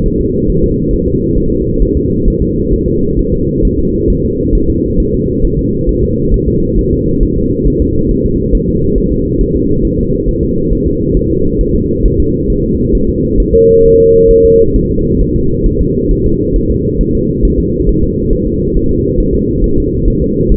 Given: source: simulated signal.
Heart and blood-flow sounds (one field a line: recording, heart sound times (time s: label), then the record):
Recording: fetal heart sounds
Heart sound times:
0.06 s: S1
0.20 s: S2
0.50 s: S1
0.64 s: S2
0.94 s: S1
1.08 s: S2
1.38 s: S1
1.52 s: S2
1.82 s: S1
1.97 s: S2
2.28 s: S1
2.42 s: S2
2.73 s: S1
2.88 s: S2
3.19 s: S1
3.34 s: S2
3.65 s: S1
3.79 s: S2
4.10 s: S1
4.25 s: S2
4.55 s: S1
4.70 s: S2
5.00 s: S1
5.14 s: S2
5.45 s: S1
5.59 s: S2
5.89 s: S1
6.04 s: S2
6.34 s: S1
6.48 s: S2
6.79 s: S1
6.93 s: S2
7.23 s: S1
7.38 s: S2
7.67 s: S1
7.82 s: S2
8.11 s: S1
8.26 s: S2
8.55 s: S1
8.69 s: S2
8.98 s: S1
9.12 s: S2
9.41 s: S1
9.56 s: S2
9.85 s: S1
9.99 s: S2
10.29 s: S1
10.43 s: S2
10.73 s: S1
10.87 s: S2
11.17 s: S1
11.31 s: S2
11.61 s: S1
11.76 s: S2
12.06 s: S1
12.20 s: S2
12.50 s: S1
12.64 s: S2
12.95 s: S1
13.09 s: S2
13.40 s: S1
13.55 s: S2
13.86 s: S1
14.00 s: S2
14.31 s: S1
14.45 s: S2
14.76 s: S1
14.91 s: S2
15.22 s: S1
15.36 s: S2
15.66 s: S1
15.81 s: S2
16.11 s: S1
16.26 s: S2
16.56 s: S1
16.70 s: S2
17.01 s: S1
17.15 s: S2
17.45 s: S1
17.59 s: S2
17.89 s: S1
18.04 s: S2
18.33 s: S1
18.47 s: S2
18.77 s: S1
18.91 s: S2
19.20 s: S1
19.35 s: S2
19.64 s: S1
19.78 s: S2
20.08 s: S1
20.22 s: S2
20.52 s: S1
From the record:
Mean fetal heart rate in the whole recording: 135 bpm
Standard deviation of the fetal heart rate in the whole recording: 3 bpm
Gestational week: 36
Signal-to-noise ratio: -15.3 dB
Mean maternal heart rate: 72 bpm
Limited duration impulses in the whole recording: present